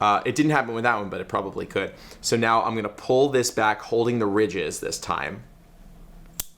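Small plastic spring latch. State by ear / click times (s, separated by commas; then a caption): seated / 6.4 s. Someone talks while pulling back the plastic spring-loaded inserter of an insulin infusion set, holding it by the ridges. A sharp, loud click at 6.4 s marks the inserter latching into its cocked position.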